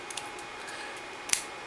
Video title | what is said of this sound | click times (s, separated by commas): Thermaltake Water2.0 Pro and Performer CPU Cooler Installation Overview | will actually stay there as you can see they go through they snap into place and you're going to be able to screw them down Philips | 1.3 s